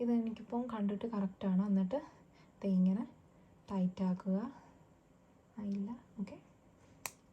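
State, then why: Seated. A plastic washer backing is pushed tight onto the shank of a plastic safety eye through the fabric of a crocheted toy. Someone talks, then a single sharp click is heard at 7.1 s as the washer clicks on and the eye is seated.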